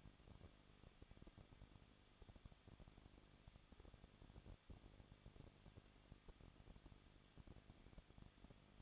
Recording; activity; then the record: daily activity, microphone in the room; no activity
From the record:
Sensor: 4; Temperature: 23.0 degrees Celsius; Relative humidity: 34.3%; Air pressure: 1007.3 hPa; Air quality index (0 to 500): 217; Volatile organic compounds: 15 ppm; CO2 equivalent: 2519 ppm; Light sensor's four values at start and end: 2/3/1/1 and 2/3/1/1